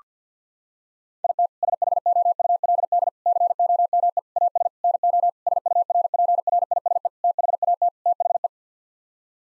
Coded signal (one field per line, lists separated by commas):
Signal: Morse code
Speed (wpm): 50 wpm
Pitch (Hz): 700 Hz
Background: none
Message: IT SHOULD COME AS NO SURPRISE THAT THE